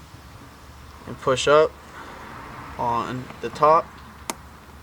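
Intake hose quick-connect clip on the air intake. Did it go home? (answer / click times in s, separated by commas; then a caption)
released / 4.3 s. Someone talks while working on the quick-connect clip of the intake hose on the air intake of a 2024 Mustang GT, pushing down on the bottom of the clip, holding the back and pushing up on the top. At 4.3 s a single sharp click is heard as the clip releases so the hose can be pulled back.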